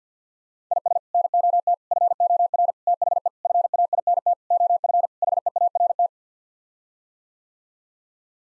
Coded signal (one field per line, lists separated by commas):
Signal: Morse code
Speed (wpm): 50 wpm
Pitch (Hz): 700 Hz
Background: none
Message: IS NOT FOR THE FAINT OF HEART